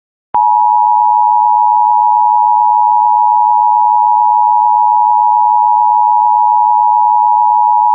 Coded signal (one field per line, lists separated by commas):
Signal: Emergency Alert System (SAME) tones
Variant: 853 and 960 Hz attention tone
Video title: EAS #1127: EAS Required Monthly Test- Nov. 5, 2025- 10:14AM PST